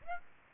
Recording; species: mosquito wingbeat signal from an infrared sensor; Aedes aegypti